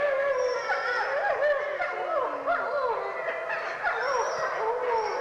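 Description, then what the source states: Gray wolf: gray wolves howling together, many wavering, overlapping tones rising and falling in a continuous pack chorus. Wolf pack howling in the dark of night in the Uhmo backwoods wilderness.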